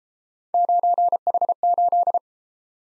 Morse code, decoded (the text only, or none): 9H8